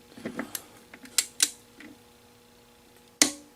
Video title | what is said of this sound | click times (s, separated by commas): 2006 Husqvarna YTH2242t Lawn Tractor Repair Engine leak Transaxle & Steering Repair 5 19 2025 | There's a click. | 3.2 s